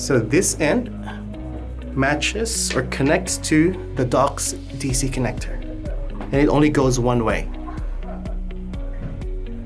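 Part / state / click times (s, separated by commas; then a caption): DC power cable plug into docking station DC connector / not seated / none. A DC power cable plug is handled at the DC connector of a Beam DriveDOCK Extreme docking unit, a connector it only fits one way, while someone talks over background music. Nothing has seated or clicked yet.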